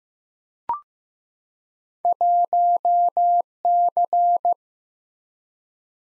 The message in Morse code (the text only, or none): 1C